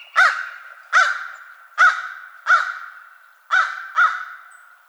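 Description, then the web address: American crow giving harsh caws, six loud calls in an uneven series. Recorded 22 March 2007. "American Crow 2007 03 22"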